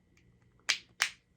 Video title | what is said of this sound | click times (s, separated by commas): How to use a 3 in 1 BUTTON & MAGNET maker Caydo machine! Easy tutorial, different sizes & styles! | You hear the click. | 0.7 s, 1.0 s